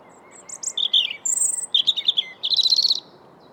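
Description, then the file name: European robin song: a varied string of high, tinkling and trilled phrases with a steady thin whistle in the middle, ending in a rapid warble. "Erithacus rubecula"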